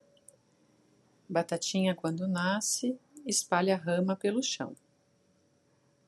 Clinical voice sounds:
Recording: short text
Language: Brazilian Portuguese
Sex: female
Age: 40 to 49 years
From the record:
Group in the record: control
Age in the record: 44 years

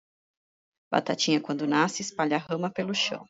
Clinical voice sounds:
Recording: short text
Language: Brazilian Portuguese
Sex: female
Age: 40 to 49 years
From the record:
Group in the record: control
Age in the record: 45 years

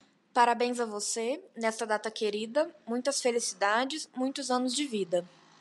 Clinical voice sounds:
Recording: short text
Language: Brazilian Portuguese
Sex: female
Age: 20 to 29 years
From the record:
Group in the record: control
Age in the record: 26 years

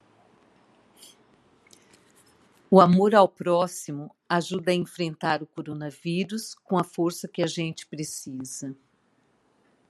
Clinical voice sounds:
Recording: spoken sentence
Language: Brazilian Portuguese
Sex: female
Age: 50 to 59 years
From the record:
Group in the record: control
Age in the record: 59 years

